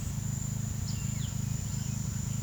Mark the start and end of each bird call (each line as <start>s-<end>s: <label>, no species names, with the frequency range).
0.58s-1.38s: bird call (1.2-5.8 kHz)